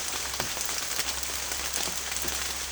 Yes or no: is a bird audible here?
no